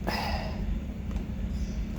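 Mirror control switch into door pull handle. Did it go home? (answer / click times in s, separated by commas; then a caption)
yes / 0.1 s. On a BMW Z3, the rearview mirror control switch, its connector already attached, is pushed back into its plastic opening in the door handle trim. A sharp snap at 0.1 s marks the switch seating, followed by a fainter tick at 1.1 s over a steady low rumble. The switch is seated in the door handle.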